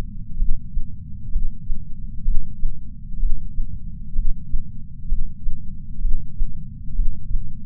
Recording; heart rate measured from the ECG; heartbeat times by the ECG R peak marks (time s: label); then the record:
heart sounds by patch sensor on the chest; 64 bpm
0.40 s: heartbeat
1.33 s: heartbeat
2.26 s: heartbeat
3.21 s: heartbeat
4.17 s: heartbeat
5.10 s: heartbeat
6.03 s: heartbeat
6.97 s: heartbeat
From the record:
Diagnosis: coronary artery disease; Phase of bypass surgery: preoperative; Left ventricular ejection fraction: 62.1%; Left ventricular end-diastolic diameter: 45 mm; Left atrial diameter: 40 mm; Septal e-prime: 8 cm/s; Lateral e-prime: 10 cm/s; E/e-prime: 5.6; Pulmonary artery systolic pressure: 22 mmHg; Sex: male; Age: 60 years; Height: 170 cm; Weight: 67 kg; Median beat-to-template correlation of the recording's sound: 0.93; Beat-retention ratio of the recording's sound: 1.00